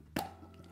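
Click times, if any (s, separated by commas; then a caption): 0.2 s. A sealed lid on a plastic shisha tobacco container is opened, releasing with a single sharp pop at 0.2 s that is heard as a satisfactory pop, showing the seal keeps the contents fresh. A faint, quieter tick follows at about 0.5 s, and the rest of the clip is a low background hush.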